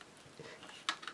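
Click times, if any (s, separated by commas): 0.9 s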